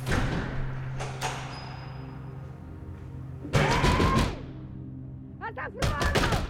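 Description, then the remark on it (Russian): A door slams shut with a loud, heavy thud and a brief creak, then a few quick metallic clicks and clacks follow as it is locked from the inside, over a low steady hum. “Закрывает за ней дверь, запирает изнутри и возвращается внутрь.”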